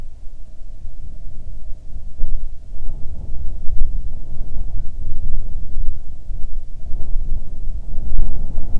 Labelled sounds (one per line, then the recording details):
jet
wind
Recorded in the Prudhoe Bay oil fields, Alaska, on 7 August 2019 at 14:07
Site 17